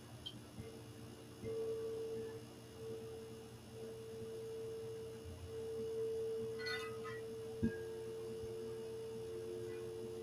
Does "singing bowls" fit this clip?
yes